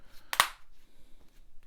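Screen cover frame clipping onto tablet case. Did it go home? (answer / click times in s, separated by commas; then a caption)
yes / 0.3 s, 0.4 s. The remaining edge of a plastic screen cover frame on a Griffin Survivor Slim tablet case is pressed down to finish clipping it onto the case. Two sharp plastic snaps sound at 0.3 and 0.4 seconds, the second louder, followed by quiet background. The cover is confirmed fully snapped in.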